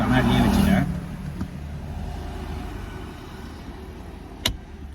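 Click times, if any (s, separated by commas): 4.5 s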